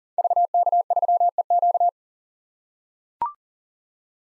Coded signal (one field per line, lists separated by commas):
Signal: Morse code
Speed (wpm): 40 wpm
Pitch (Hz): 700 Hz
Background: none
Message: VK3EQ